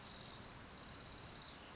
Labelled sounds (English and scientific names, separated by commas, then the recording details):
Orange-crowned Warbler (Leiothlypis celata)
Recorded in Sonoma County, California